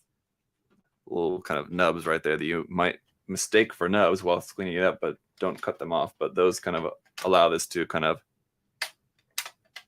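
Someone talks while working a folding plastic part of an HGUC Gundam GP03S Dendrobium model kit base over small raised nubs on its mount on the kit frame. Sharp plastic clicks sound at 8.8 s and 9.4 s as the part snaps and seats into place.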